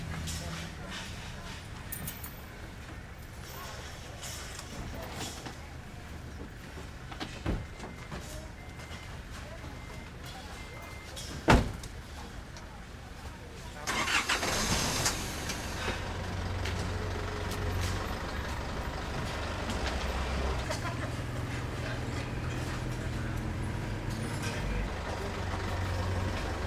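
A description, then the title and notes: A street market being packed away, with voices and vehicles. A sharp knock or clatter lands near the 12-second mark. Around 14 seconds a vehicle starts up and idles, and its low rumble continues to the end under scattered talk and clinks. Packing away the market. Sounds of the walking street market being packed away in Chiang Mai, Thailand.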